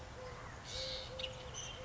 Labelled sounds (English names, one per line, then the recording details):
Eurasian Collared Dove
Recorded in Sonoma County, California